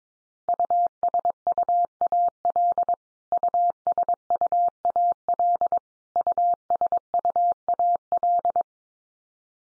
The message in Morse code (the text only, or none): USUAL USUAL USUAL